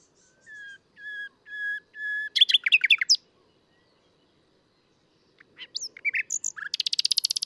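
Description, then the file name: Common nightingale song: four slow, pure whistled notes swelling in loudness, a rapid jumble of chirps, then after a pause scattered notes and a rapid rattle of buzzy notes. "Luscinia megarhynchos"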